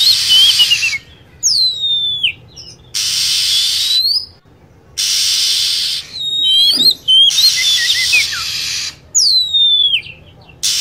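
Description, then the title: Lovebird squeaks: sharp descending whistles and chattering chirps come in short runs between bands of loud static-like hiss. Lure recording used to attract lovebirds. "PIKAT BURUNG LOVEBIRD"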